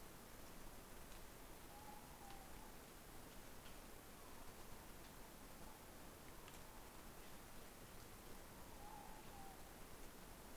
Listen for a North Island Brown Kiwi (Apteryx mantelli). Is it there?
no